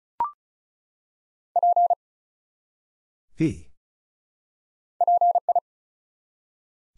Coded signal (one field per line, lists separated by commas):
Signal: Morse code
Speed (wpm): 36 wpm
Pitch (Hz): 700 Hz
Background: none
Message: P PI